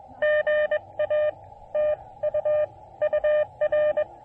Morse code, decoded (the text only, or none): GA TU UR